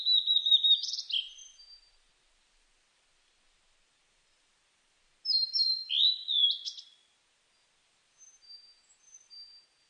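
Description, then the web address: Blue-and-white flycatcher song: two clear high whistled phrases with slurred notes, then soft faint notes near the end, with quiet gaps between. Recorded 23 May 2004. "2004 040523 ooruri"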